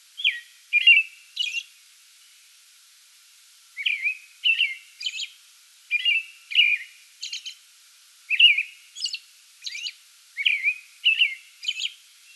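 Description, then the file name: American robin singing groups of two or three whistled phrases followed by high squeaks, with a pause of about two seconds after the opening group. Song bout recorded 8 May 2022. "2022-05-08 American Robin song bout"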